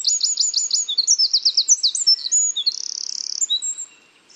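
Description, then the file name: Eurasian wren song heard from mid-phrase: rapid, piercing repeated notes, then a fast buzzy trill, ending with a few high notes before fading out after about four seconds. "Troglodytes troglodytes"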